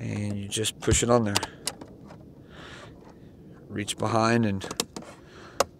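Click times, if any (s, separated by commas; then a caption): 5.6 s. Someone talks while pushing a plastic trim cover onto a cheap replacement side mirror housing on a 2004 Chevy Silverado truck, reaching behind and pressing until its little retaining feet grab. A sharp, loud snap at 5.6 s marks the cover seating on the housing.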